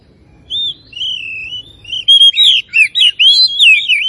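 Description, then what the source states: Oriental magpie-robin opening with soft, drawn-out whistles that build into louder, quick, undulating whistled notes. Kacer of the Tretes type, singing gacor (vigorously and continuously).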